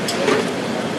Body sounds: background sound without coughing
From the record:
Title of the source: Office Sounds Ambience - Background Noise for Study and Work

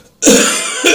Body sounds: coughing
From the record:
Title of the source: Spring Cold Coughing.

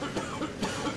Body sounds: coughing mixed with background sound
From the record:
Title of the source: Spring Allergy Coughing

